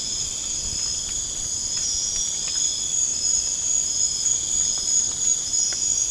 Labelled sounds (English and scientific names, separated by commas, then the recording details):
none
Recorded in pastures near Puerto Asís, Putumayo, Colombia, on 25 June 2025 at 01:00
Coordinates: 0.496, -76.326
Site GP01